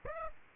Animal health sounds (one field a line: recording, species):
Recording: mosquito wingbeat signal from an infrared sensor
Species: Aedes aegypti